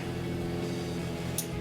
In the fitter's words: there it's clicked in.